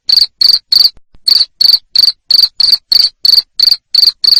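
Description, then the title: Cricket giving a steady series of high, buzzy pulsed chirps, roughly three each second, with one brief pause near the start. Loud cricket chirping played to stimulate lovebirds into continuous ngekek singing. "Suara JANGKRIK NGERIK Keras Bikin LOVEBIRD Jadi NGEKEK Terus Vubey"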